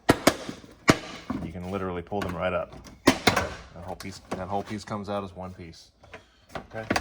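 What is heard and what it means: Plastic trim pieces held by snap-in clips in the rear cargo area of a 2021 Mazda CX9 are pulled straight up and come out as one piece. Two sharp pops are heard at 0.1 s and 0.3 s as the clips release, then someone talks.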